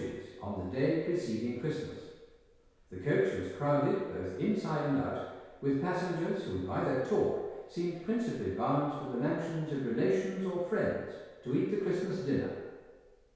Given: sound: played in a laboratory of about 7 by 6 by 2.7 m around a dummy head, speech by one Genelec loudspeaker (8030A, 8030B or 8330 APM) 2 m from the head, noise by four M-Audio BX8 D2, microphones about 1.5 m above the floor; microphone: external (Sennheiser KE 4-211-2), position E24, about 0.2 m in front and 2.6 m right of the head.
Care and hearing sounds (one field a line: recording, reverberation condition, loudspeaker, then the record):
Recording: male speech in English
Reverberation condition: high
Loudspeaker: 120 degrees to the right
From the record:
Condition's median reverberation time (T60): about 1300 ms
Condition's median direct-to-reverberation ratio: about -4.0 dB